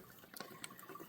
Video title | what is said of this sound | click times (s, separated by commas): How to Fix Failed Cat Shelves | So I put it in, and I hear it click open, | 0.6 s